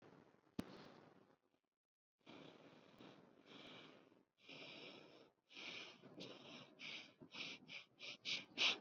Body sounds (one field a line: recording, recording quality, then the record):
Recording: shallow breathing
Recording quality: excellent, no background noise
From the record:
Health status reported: exposed to COVID-19, no respiratory illness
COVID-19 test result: negative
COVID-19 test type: RT-PCR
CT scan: not taken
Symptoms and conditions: none ticked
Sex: male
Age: 22 years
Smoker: no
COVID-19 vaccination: one dose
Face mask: worn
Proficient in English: yes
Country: India